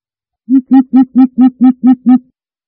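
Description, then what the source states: Greater coucal delivering eight deep, resonant hoots at a steady, quick pace, all at the same low pitch. Calling in the forest.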